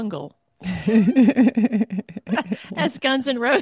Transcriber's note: laughs